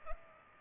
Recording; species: mosquito wingbeat signal from an infrared sensor; Culex pipiens